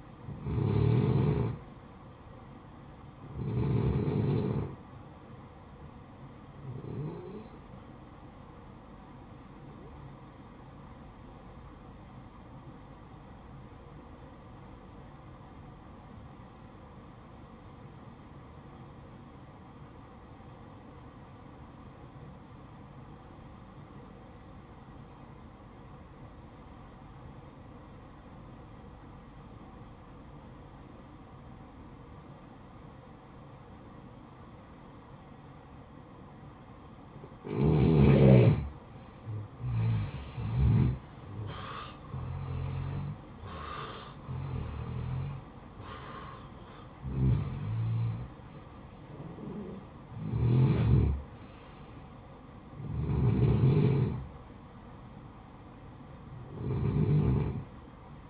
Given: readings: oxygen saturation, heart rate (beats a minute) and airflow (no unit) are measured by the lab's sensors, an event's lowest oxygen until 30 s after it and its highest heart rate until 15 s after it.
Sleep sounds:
breathing in sleep by a smartphone at the bedside; 1
7.00-37.40 s: hypopnea (N1, oxygen 96% highest, then 86% lowest, heart rate 58 at the start, 69 highest)
From the record:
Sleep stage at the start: N1 (lightest sleep); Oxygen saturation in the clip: 87 to 96%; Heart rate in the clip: 55 to 69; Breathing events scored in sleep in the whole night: 573 in 9.8 hours asleep

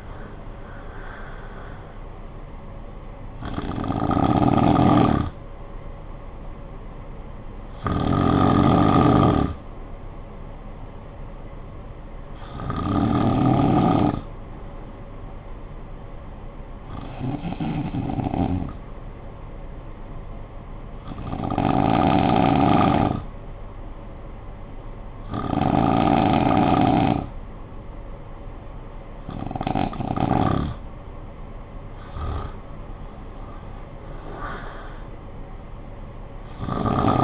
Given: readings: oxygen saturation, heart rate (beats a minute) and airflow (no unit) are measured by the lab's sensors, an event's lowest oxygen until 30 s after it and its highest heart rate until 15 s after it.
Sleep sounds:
breathing in sleep by a smartphone at the bedside; 1
16.00-28.80 s: hypopnea (N2, oxygen 96% highest, then 91% lowest, heart rate 53 at the start, 72 highest)
From the record:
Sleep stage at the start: N2 (light sleep); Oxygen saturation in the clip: 93 to 96%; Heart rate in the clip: 51 to 72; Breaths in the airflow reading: 8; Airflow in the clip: -11.5 to 5.3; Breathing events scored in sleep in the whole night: 445 in 7.6 hours asleep

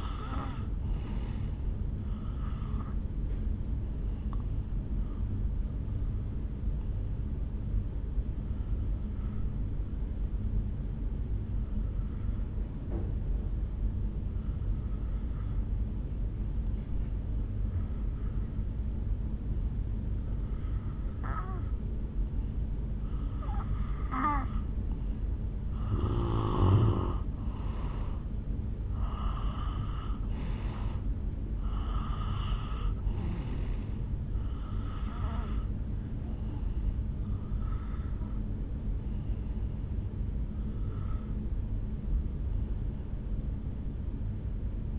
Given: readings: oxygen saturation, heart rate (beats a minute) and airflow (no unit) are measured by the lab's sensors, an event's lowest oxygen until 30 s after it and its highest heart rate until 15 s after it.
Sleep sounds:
breathing in sleep by a smartphone at the bedside; 1
6.00-26.10 s: hypopnea (N2, oxygen 93% highest, then 86% lowest, heart rate 68 at the start, 69 highest)
From the record:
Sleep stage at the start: N2 (light sleep); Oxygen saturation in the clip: 86 to 94%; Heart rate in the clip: 55 to 70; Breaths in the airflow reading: 8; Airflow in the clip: -8.0 to 4.4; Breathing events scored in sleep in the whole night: 449 in 7.0 hours asleep

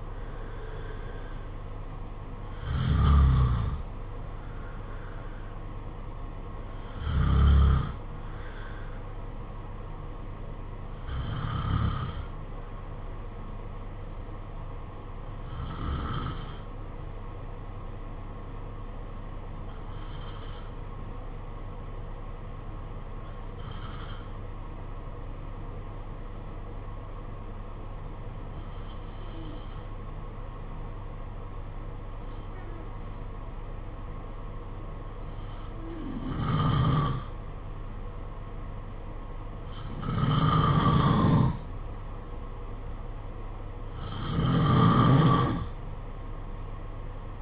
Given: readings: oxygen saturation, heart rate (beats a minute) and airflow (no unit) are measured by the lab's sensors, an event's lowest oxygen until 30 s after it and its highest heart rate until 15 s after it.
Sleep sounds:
breathing in sleep by a smartphone at the bedside; 1
20.00-39.30 s: hypopnea (N2, oxygen 95% highest, then 87% lowest, heart rate 51 at the start, 55 highest)
From the record:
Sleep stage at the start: N2 (light sleep); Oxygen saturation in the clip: 85 to 95%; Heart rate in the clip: 50 to 58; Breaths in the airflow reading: 11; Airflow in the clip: -6.9 to 6.3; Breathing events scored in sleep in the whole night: 476 in 9.7 hours asleep

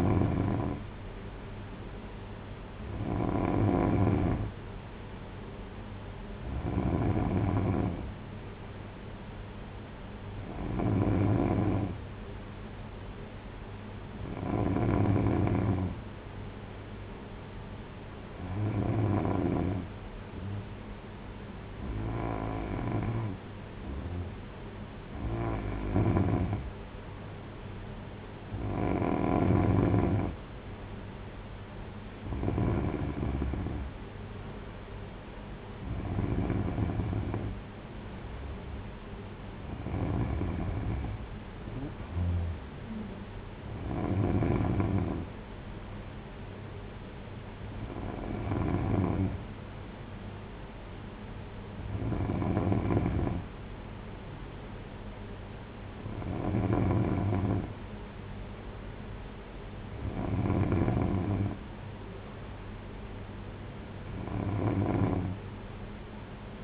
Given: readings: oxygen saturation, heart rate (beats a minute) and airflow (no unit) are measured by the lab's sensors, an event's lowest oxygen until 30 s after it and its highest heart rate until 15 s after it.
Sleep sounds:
breathing in sleep by a voice recorder at the bedside; none
none scored
From the record:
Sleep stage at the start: N3 (deep sleep); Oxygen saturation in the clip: 93 to 94%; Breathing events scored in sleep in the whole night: 226 in 8.8 hours asleep

